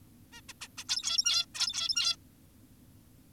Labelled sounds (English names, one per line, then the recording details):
Zebra Finch
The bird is an adult
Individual g17y2U